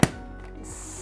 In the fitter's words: So see how we heard one snap and only part of the umbrella sort of deflated?